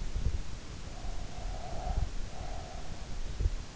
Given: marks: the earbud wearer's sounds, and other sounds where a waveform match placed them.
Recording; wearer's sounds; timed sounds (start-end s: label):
sounds in sleep by an in-ear microphone; breath
0.96-3.16 s: breath